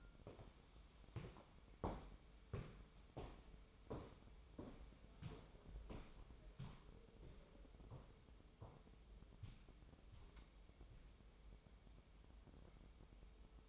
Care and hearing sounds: daily activity, microphone in the room; walk to room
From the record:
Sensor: 1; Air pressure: 988.2 hPa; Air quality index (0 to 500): 195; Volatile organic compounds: 907 ppm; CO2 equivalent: 5214 ppm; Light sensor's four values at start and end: 25/91/34/36 and 26/97/37/39

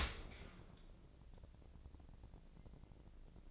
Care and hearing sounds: daily activity, microphone in the room; open dishwasher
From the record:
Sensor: 5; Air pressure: 1012.4 hPa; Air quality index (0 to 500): 158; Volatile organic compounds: 2 ppm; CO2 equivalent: 1076 ppm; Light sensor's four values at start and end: 114/275/116/130 and 114/273/116/129

